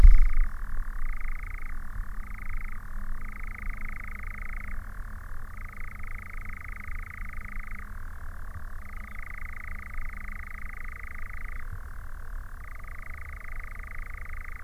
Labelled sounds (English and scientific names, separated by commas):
Eurasian Nightjar (Caprimulgus europaeus)